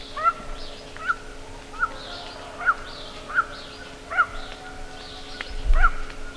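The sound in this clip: Bird giving short clipped call notes repeated about every three quarters of a second, with a longer gap before the last, over a low steady hum.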